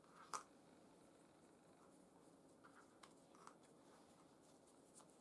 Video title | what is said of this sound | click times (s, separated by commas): DIY: FDM-printed SLA-Printer: Part 9 - Preparing the Display | pushed down carefully until you can hear a clicking noise | 0.3 s